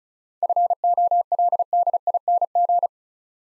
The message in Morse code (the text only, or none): FOLDING